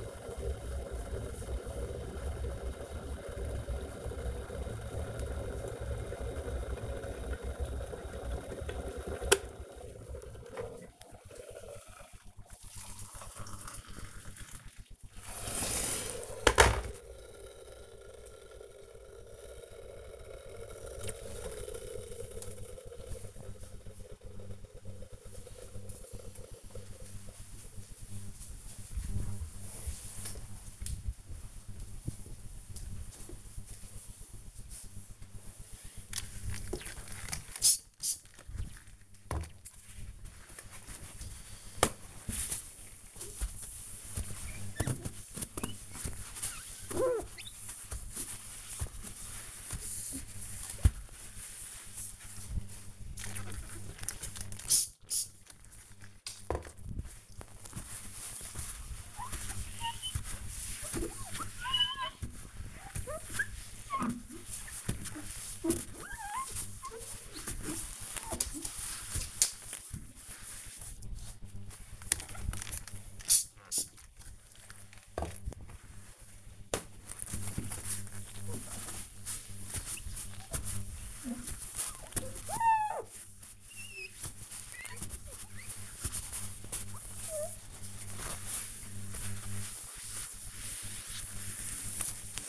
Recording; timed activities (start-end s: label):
household activities, microphone on the right wrist
0.00-20.36 s: making tea
34.49-92.48 s: window cleaning